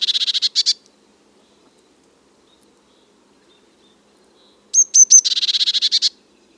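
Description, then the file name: Eurasian blue tit churr: a quick buzzy rattle, a long silence, then three sharp high notes that run into another rapid churring burst. "Cyanistes caeruleus"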